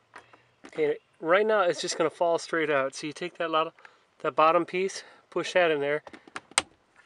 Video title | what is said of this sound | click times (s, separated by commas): 2005 Honda Odyssey Sliding Door Sunshade Clip Replacement | and now it's locked into place | 6.6 s